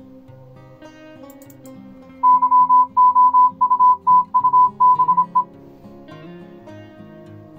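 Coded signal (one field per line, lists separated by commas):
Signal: Morse code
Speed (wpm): 26 wpm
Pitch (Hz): 1000 Hz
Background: music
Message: YOUTUBE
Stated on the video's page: Morse heard on an Arduino-based decoder and trainer, demonstrated in decoding and practice-trainer modes.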